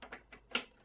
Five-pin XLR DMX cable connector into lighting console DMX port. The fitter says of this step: And the DMX cable is one of these five pin XLR connectors. And they just snap right in